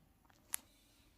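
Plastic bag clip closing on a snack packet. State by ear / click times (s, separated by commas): seated / 0.5 s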